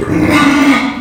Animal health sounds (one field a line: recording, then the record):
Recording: squeal of a Yucatan mini pig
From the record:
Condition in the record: after surgery on the right vocal fold (resection and tissue-engineered implant)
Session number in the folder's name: 4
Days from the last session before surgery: 26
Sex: female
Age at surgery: 19 weeks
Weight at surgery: 25 kg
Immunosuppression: prednisolone